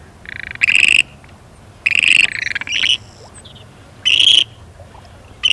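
Grebe calls, short harsh squawks in several bursts with quiet gaps between, against a quiet background.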